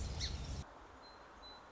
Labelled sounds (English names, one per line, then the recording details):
Song Sparrow
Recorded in Sonoma County, California